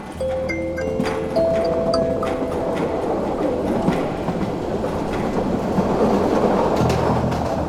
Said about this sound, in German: Dass ich mich 2 Tage später mit einer Fahrkarte nach Flensburg im Zug wiederfand, mag als seltsames Ergebnis erscheinen.